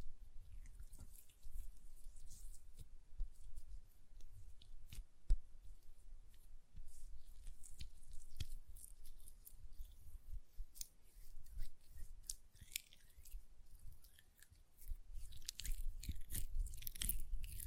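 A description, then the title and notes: Close, quiet lotion sounds as hands rub and squish together, with soft sticky smacks and wet slides. Sharp little clicks and taps come irregularly throughout, one louder snap around five seconds, and denser bright, slick rubbing near the end. Hand Sounds, Nail Tapping and Lotion Sounds.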